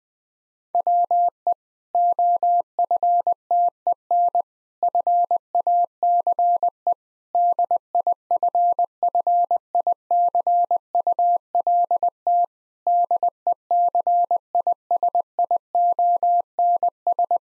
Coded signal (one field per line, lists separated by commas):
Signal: Morse code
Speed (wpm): 20 wpm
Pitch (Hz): 700 Hz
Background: none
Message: WE OFTEN FACE DIFFICULT DECISIONS